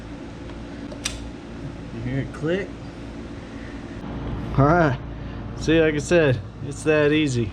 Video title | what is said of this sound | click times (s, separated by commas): Airaid Throttle Body Spacer and JLT Catch Can Install on 2019 Mustang GT | these should just slide in and lock click | 1.1 s